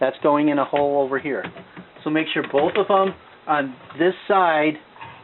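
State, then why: Not seated. A hard drive with a locating screw is being lined up with its holes in the drive bay of a Dell Optiplex 755 DT desktop PC chassis during a hard drive replacement. Someone talks throughout, with only faint handling noise beneath the voice. Nothing has seated or clicked yet.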